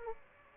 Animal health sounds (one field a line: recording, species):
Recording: mosquito wingbeat signal from an infrared sensor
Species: Aedes aegypti